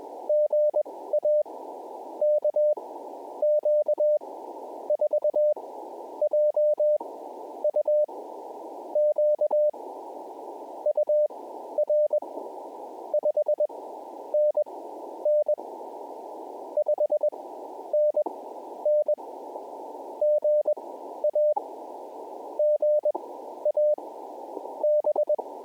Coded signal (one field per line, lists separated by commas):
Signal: Morse code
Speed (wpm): 18 wpm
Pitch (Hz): 600 Hz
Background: none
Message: GA KQ4JUQ UR 5NN 5NN GA GA B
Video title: Elmodel WMA Activation Jan 1, 2025 #hamradio #cw #pota #parksontheair #qrp #morsecode #potababe